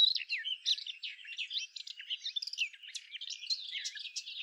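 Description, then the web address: Eurasian blackcap song, an unbroken stream of rapid, slurred warbling notes, rich and varied throughout. "SETE data Sylvia atricapilla"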